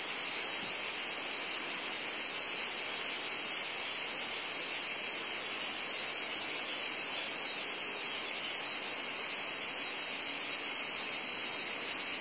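Continuous cicada buzzing, a dense, steady high-pitched drone lasting the whole stretch with no breaks or changes.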